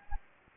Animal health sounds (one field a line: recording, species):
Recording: mosquito wingbeat signal from an infrared sensor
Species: Anopheles gambiae